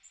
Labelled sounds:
Magnolia Warbler flight call

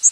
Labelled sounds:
Northern Waterthrush flight call

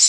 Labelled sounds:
Prairie Warbler flight call

